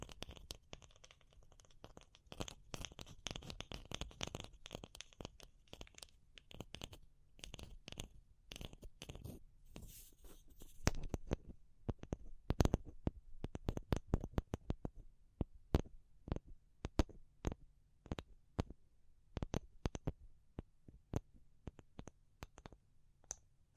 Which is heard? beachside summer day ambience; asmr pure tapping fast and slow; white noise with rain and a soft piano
asmr pure tapping fast and slow